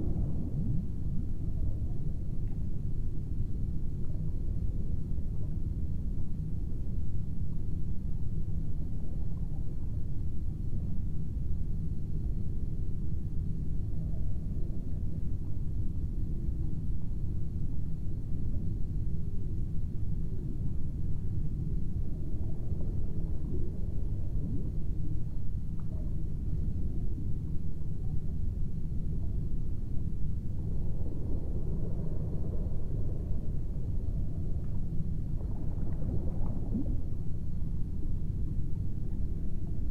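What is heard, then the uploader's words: A steady, dense low rumble like an industrial fan fills the room, with soft muffled bubbling swells rising around 22 and 31 seconds. Underwater Observation Room Ambience.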